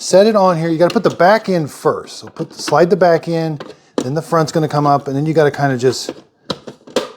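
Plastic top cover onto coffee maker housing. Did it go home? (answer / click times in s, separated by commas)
yes / 6.5 s, 7.0 s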